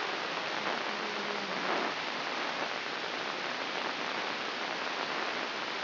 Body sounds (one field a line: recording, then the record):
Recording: brain microelectrode recording played as sound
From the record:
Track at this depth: inside the subthalamic nucleus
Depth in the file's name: 5.115 mm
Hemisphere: left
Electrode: 3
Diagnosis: Parkinson's disease